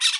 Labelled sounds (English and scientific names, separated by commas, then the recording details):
Brown-throated Parakeet (Eupsittula pertinax) contact call
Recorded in Bonaire
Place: just S of turnoff to Cai, near Lac Bay
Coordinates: 12.126, -68.239